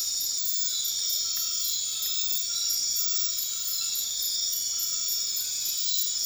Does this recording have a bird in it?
no